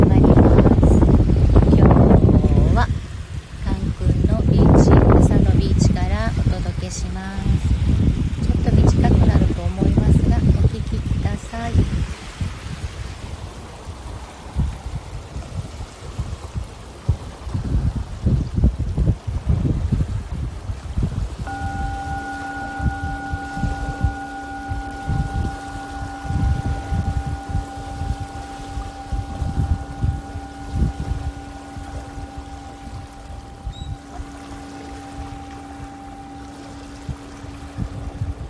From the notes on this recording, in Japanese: メキシカンカリブのビーチより 波打ち際の水の弾ける音と海鳥のさえずりと共に シンギングボウルのサウンド